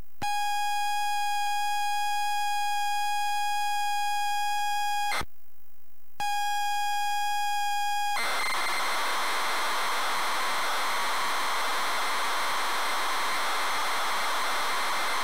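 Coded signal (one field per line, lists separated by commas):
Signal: ZX Spectrum tape loading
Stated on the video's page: Tape loaded on a ZX Spectrum +3 from a WH Smith CPD8300 cassette player.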